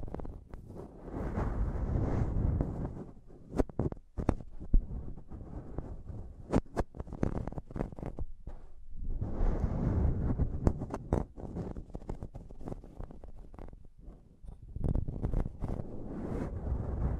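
Tapping and scratching on a microphone, with sharp clicks and knocks scattered throughout and clustering densely around 3–5, 6–8 and 10–13 seconds. Between them come low, rumbling rubs that swell and fade, quieter near 8–9 and 14 seconds, then return.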